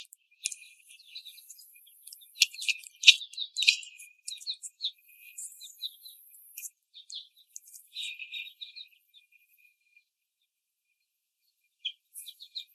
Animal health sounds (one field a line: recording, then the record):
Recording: young laying hens in a cage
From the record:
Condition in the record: before the stressor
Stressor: simulated dog barking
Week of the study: 3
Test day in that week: 2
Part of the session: 1